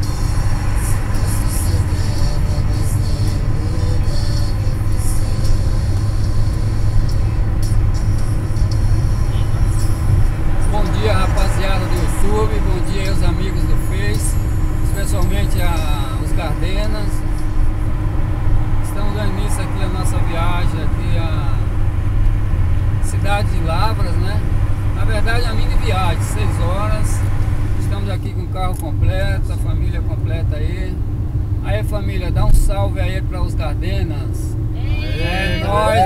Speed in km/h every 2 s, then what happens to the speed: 86, 87, 90, 91, 92, 90, 89, 88, 88, 87, 86, 85, 85, 86, 86, 87, 88, 90.
0-25 steady at about 88.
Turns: none.